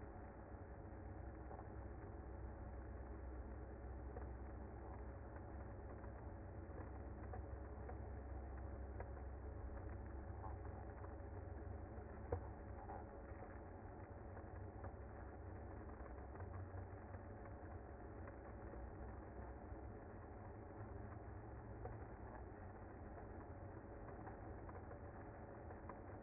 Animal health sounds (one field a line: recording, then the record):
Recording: honeybee colony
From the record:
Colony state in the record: active